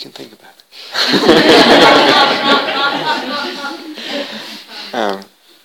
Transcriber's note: laughter